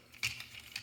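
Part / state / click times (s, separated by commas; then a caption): plastic abdomen panel into the torso of a transforming robot figure / not seated / none. A plastic abdomen panel is handled against the torso of a Mastermind Creations R48 OptusPexus transforming robot figure, being clipped down so it will lock in the back. Short, light plastic taps and rattles are heard, loudest around 0.3 s and 0.8 s. Nothing has seated or clicked into place yet.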